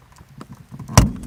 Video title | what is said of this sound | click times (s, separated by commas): Third brake light replacement for Pontiac G8GT/ Holden Commadore | one. Pop it. | 1.0 s